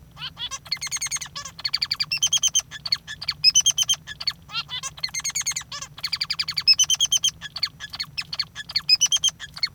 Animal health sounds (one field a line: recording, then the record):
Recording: song of a male Bengalese finch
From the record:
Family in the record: father 3